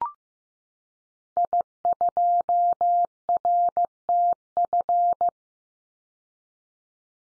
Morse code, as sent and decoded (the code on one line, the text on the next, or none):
.. ..--- .-. - ..-.
I2RTF